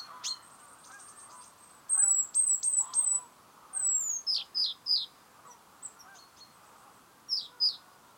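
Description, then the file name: Great tit calls: thin high notes, then a lively run of sharp descending notes, irregular and clustered, with sparse single notes near the end. "Parus major"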